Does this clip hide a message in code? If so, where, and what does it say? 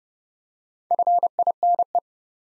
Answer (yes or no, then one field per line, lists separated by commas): yes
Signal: Morse code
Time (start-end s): 0.9-2.0 s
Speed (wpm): 30 wpm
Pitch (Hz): 700 Hz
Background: none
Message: FINE